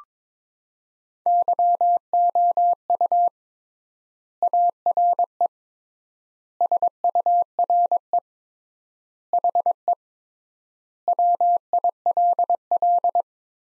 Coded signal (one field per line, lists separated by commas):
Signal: Morse code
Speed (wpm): 21 wpm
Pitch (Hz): 700 Hz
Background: none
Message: YOU ARE SURE HE WILL